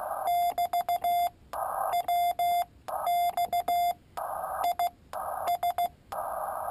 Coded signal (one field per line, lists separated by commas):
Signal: Morse code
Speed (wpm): 16 wpm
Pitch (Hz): 700 Hz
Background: none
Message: <BT> WX IS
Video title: Palm Pico Paddle key